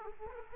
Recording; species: mosquito wingbeat signal from an infrared sensor; Aedes aegypti